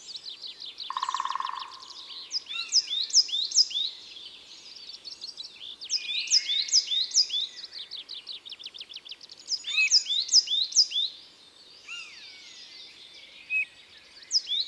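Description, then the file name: Coal tit song, high thin phrases of quickly repeated downslurred notes, overlapping with other high birdsong; a short lower steady tone near the start. Recorded in Isère, France. "Mesange-noire-Concerts-naturels-de-l Isere-Studio-Les-Trois-Becs"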